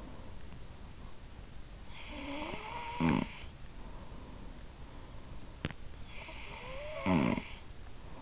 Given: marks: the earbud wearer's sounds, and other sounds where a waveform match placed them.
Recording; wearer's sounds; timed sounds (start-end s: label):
sounds in sleep by an in-ear microphone; snoring breath
1.31-4.17 s: snoring breath
6.34-8.22 s: snoring breath